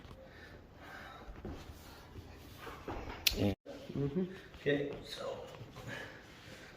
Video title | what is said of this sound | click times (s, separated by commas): THE BEST WOOD FLOORING INSTALLATION PART 2 | we got it clicked in, and we gotta just follow it along here. | 3.3 s